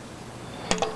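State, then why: Seated. A plastic toy panel is brought around to the back of a transforming figure and slid into place until it locks. A sharp click lands at 0.7 s, with a softer second tick at about 0.8 s over a low background hiss. The part seats and locks in place.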